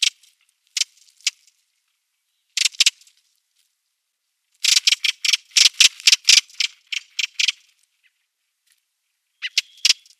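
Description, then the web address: Redwing giving scattered harsh chacking notes, then a fast dense burst of rasping calls midway, and a few more notes at the end. "Schulze Peter Redwing calls"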